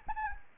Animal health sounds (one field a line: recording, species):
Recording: mosquito wingbeat signal from an infrared sensor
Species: Anopheles arabiensis